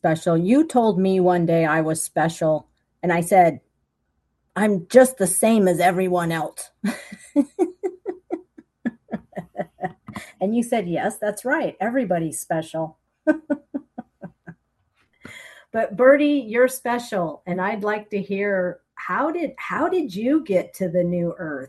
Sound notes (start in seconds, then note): 8.8 laughs; 13.3 laughs